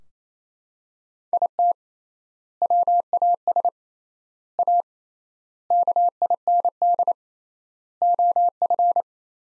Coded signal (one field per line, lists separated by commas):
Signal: Morse code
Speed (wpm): 27 wpm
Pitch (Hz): 700 Hz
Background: none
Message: IT WAS A KIND OF